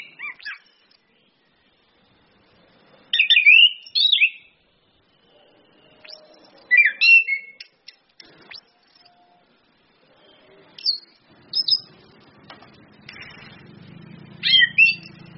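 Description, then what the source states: Orange-headed thrush singing short, rich whistled phrases with twittering and slurred notes, spaced a few seconds apart, with a faint low hum building near the end. Indonesian bird-training lure (pancingan, masteran) of Orange-headed thrush in the open ngeplong song style, with female whistles (suitan betina) used to make birds sing persistently (gacor).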